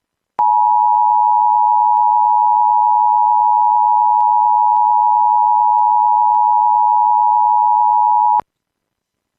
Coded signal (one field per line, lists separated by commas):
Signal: Emergency Alert System (SAME) tones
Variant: 853 and 960 Hz attention tone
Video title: Immediate Evacuation Alert and Fire Warning for Butte County, CA from WDFA and WJON (EAS# 201-204)